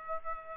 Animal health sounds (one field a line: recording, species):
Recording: mosquito wingbeat signal from an infrared sensor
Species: Aedes aegypti